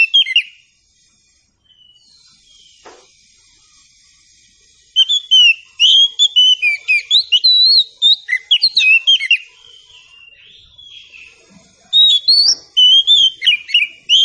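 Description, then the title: Oriental Magpie-Robin singing varied whistles and quick chirps in lively bursts separated by quiet stretches. Presented as an outstanding magpie-robin song, guaranteed to draw an answering response. "Nyaut Kacer"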